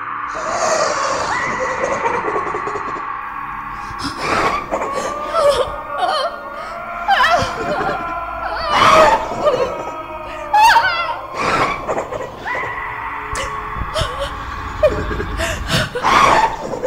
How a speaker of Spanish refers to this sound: Los gritos y carcajadas provenían de todos los lados y retumbaban cruelmente en aquellas mastodónticas paredes. Alumbraba con mi linterna aquí y allá buscando su origen, sin el menor éxito.